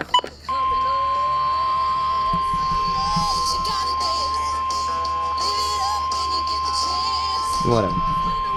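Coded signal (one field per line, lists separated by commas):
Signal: Emergency Alert System (SAME) tones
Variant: 1050 Hz attention tone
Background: speech, music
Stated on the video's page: Severe thunderstorm warning SAME tones on weather radio WXK85 and relayed by KNAH, recorded with a Canon EOS Rebel SL3 and Rode VideoMic Pro.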